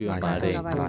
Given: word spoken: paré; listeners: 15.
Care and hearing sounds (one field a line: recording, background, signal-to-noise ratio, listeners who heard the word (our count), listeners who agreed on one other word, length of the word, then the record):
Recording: one Spanish word in noise, from a listening test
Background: four-talker babble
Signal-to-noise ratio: 0.9 dB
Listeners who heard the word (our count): 2 of 15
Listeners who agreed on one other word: 6 of 15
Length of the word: 0.49 s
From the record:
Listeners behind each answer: 6, 2, 2, 1, 1, 1, 1, 1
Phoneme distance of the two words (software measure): 7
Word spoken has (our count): 2 syllables, 4 phonemes, stress on syllable 2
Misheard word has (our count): 2 syllables, 5 phonemes, stress on syllable 2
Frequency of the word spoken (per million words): 1.69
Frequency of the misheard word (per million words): 44.55